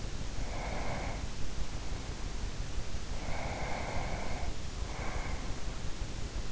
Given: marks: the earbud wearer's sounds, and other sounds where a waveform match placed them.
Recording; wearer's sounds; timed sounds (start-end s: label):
sounds in sleep by an in-ear microphone; breath
0.40-2.50 s: breath
3.34-5.74 s: breath